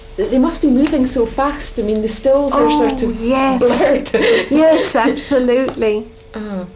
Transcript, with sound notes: They must be moving so fast. I mean they still are sort of--
Oh, yes!
Blurred. [laughs]
Yes. Absolutely!
Oh.